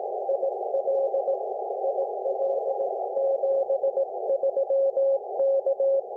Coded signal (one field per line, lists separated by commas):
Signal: Morse code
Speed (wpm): 18 wpm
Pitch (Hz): 560 Hz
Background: none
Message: IL IL 73 K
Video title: Icom IC-7300 Remote Operating! POTA, RemoteTx.net and more! Ham Radio !